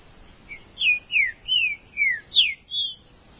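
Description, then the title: Green-winged saltator song: a soft short note, then a run of six rich whistled notes, most sliding downward, at a quick pace. "Trinca Ferro"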